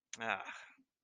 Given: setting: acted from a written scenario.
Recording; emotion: vocal sound without words; disappointment